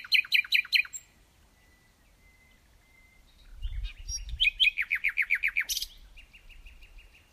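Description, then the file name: Common nightingale singing rapid repeated chirp trills, a thin steady whistle between, then another fast run of downslurred notes ending in a buzzy flourish. "Luscinia megarhynchos"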